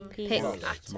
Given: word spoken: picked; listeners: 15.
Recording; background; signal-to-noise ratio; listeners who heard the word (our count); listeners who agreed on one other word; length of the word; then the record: one English word in noise, from a listening test; four-talker babble; -0.8 dB; 0 of 15; 8 of 15; 0.58 s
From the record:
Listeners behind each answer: 8, 3, 3, 1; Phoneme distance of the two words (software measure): 7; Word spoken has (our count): 1 syllable, 4 phonemes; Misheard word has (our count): 1 syllable, 3 phonemes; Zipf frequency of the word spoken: 4.82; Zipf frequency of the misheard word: 5.16